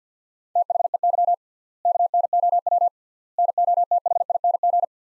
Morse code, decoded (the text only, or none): THEY KNOW NOTHING